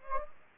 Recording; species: mosquito wingbeat signal from an infrared sensor; Anopheles gambiae